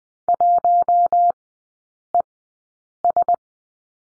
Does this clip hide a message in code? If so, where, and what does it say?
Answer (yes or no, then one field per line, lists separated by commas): yes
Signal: Morse code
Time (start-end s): 0.3-3.3 s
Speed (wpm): 20 wpm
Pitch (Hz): 700 Hz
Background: none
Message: 1ES